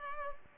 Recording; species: mosquito wingbeat signal from an infrared sensor; Culex pipiens